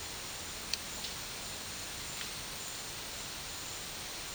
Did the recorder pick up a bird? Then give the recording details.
no. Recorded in dense forest near Puerto Asís, Putumayo, Colombia, on 22 December 2024 at 12:00. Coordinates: 0.486, -76.317. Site G003